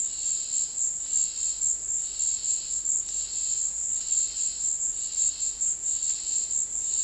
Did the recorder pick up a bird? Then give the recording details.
no. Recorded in dense forest near Puerto Asís, Putumayo, Colombia, on 21 February 2024 at 16:00. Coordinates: 0.500, -76.322. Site G6465